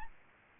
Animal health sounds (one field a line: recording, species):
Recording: mosquito wingbeat signal from an infrared sensor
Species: Aedes albopictus